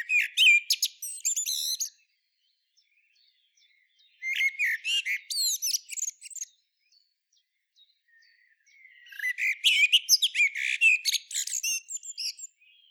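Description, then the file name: Common blackbird delivering three separate song phrases, each mellow fluty notes ending in high scratchy twitters, with pauses of a couple of seconds between them. "Turdus merula"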